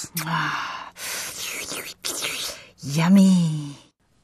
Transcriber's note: slurp